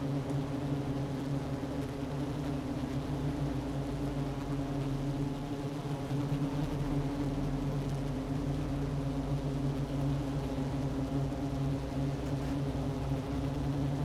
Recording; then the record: honeybee colony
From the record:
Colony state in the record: active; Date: 12 June 2018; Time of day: 10:55